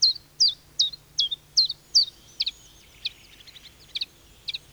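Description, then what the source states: Common Chiffchaff song: six clear, high, evenly spaced notes, then softer notes at a slower, uneven pace. Wild bird in spruce forest in Finland; small greenish-grey bird, common throughout the country, that says its own name.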